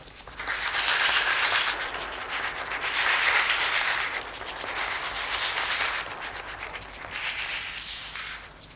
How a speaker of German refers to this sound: Ich denke, der Beifall hat Ihnen gezeigt, dass die Leute interessiert waren.